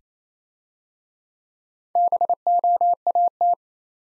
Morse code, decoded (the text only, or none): BOAT